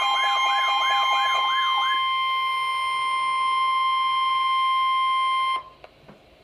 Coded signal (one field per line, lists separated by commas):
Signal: Emergency Alert System (SAME) tones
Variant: 1050 Hz attention tone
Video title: Severe Thunderstorm Warning - EAS #635